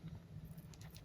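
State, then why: Not seated. Small decorative fake screw pins for a G-Shock Rangeman GW-9400 watch bezel are handled by hand during a bezel swap, about to be pressed into the bezel holes. Soft patter and faint tapping are heard, with brief sharp ticks near 0.7 s, 0.8 s and 1.0 s. Nothing has seated or clicked yet.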